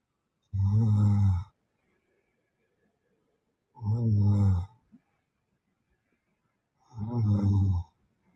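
An adult sleeper snoring: three loud, low-pitched, buzzing snores, each lasting about a second, repeating about every three seconds with quiet pauses between.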